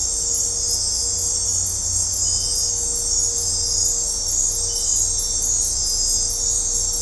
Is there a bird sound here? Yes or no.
no